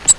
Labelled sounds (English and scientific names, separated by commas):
Grace's Warbler (Setophaga graciae) flight call